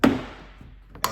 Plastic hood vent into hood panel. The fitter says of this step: and then down. And you'll hear it click back into place.